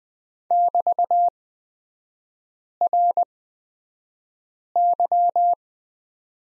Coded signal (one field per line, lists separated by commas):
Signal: Morse code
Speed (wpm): 20 wpm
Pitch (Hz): 700 Hz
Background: none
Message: <BT>RY